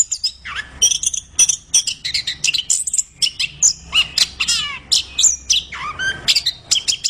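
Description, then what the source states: Orange-headed thrush delivering a fast, continuous song of high chirps, trills and downward-sweeping whistles, with a rattling, quivering phrase midway. Singing vigorously and constantly.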